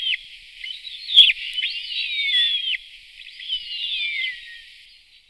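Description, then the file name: Bearded vulture giving shrill, whistled twittering calls with fast up-and-down slurred notes in two bursts, the first longer and louder. "orlosup bradatý"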